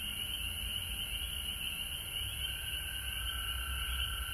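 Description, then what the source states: Frog chorus, many callers blending into a constant high trilling wash with a lower droning layer and faint low-pitched rumble. Recorded at home in Georgia on March 19, 2020.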